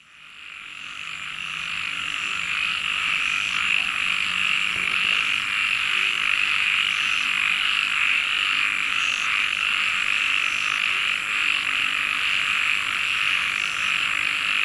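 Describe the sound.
Frog chorus fading in over the first seconds, then a sustained dense high trill of many callers.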